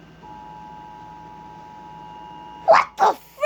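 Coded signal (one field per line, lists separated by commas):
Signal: Emergency Alert System (SAME) tones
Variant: 853 and 960 Hz attention tone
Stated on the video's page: Fictional EAS tornado warning and severe thunderstorm alert interrupting an R-rated movie; a made-up scenario.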